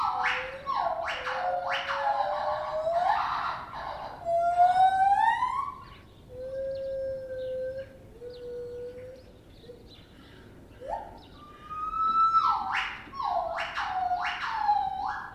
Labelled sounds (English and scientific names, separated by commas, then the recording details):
Lar Gibbon (Hylobates lar)
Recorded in captivity
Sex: female
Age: adult
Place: Tierpark Berlin, Berlin, DE
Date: 1968-01-13
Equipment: R 20/1, Sennheiser MD 421
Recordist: Tembrock, Günter